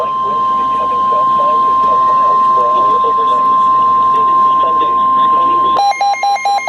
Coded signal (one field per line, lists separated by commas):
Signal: Emergency Alert System (SAME) tones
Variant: 1050 Hz attention tone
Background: speech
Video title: Celebrating 200 EAS Alerts! Going through all the past 200 EAS Alerts EAS #201-223 Part 4 of 4